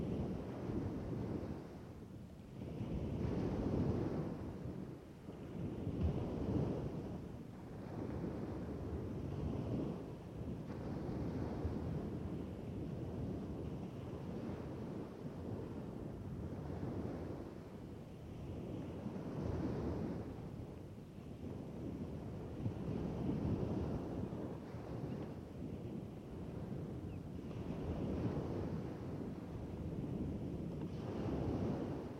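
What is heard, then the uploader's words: Ocean surf rolls in a continuous deep rumble, swelling and easing every few seconds as waves arrive and wash back. The sound is heavy and low, with a gusty, wind-buffeted roughness on the microphone throughout and no other sounds. Pure Ocean Sounds. This is a 1 hour 17 minute recording of just ocean sounds (no whispering). L waited for later in the day for the tide to come in and then I recorded just the sounds of the ocean. There were still some adults and kids squawking, talking, and yelling – but I edited all that out.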